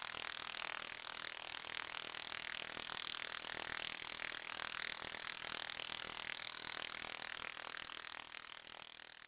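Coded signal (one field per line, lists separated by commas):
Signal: radar signal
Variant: 29B6 Container OTH radar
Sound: harsh rapid buzzing rasp across the band, steady throughout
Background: radio static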